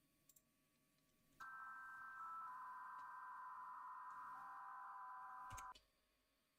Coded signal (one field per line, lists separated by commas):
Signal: PSK63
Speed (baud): 62.5 baud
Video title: M0KNM - UKEICC 80m Contest Livestream 01/01/25